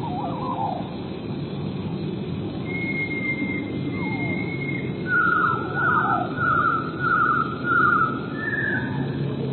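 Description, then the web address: Eurasian blue tit song opening with two drawn-out thin whistles, then several quick trilled bursts and a higher closing note, against constant low background noise. "wroblowe teka 4 spiew 38. modraszkoteka"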